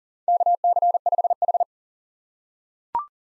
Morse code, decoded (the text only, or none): KC5H